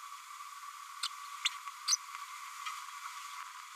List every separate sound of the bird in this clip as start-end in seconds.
1.03-1.08, 1.45-1.50, 1.87-1.97